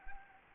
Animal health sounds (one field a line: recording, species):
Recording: mosquito wingbeat signal from an infrared sensor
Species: Anopheles arabiensis